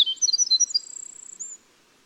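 Winter wren song closing with tumbling high notes and a long thin buzzy trill, then quiet.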